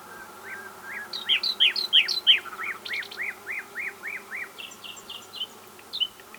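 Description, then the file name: Common nightingale song: a steady series of loud, sharp chuck-like notes about three a second, followed by softer high twittering. "Luscinia megarhynchos"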